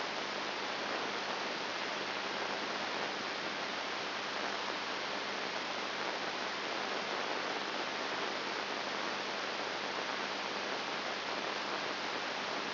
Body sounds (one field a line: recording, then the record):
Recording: brain microelectrode recording played as sound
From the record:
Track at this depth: inside the subthalamic nucleus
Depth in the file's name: 0.508 mm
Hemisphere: left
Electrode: 3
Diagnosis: Parkinson's disease